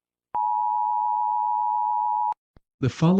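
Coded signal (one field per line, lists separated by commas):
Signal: Emergency Alert System (SAME) tones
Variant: 853 and 960 Hz attention tone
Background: speech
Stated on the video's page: Fictional EAS scenario about a black plague outbreak.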